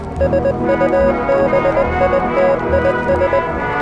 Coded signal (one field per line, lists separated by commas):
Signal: Morse code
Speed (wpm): 20 wpm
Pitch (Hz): 550 Hz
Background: music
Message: SUBITIS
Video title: (RQ) North Korea EAS Alarm (1987) (MOCK)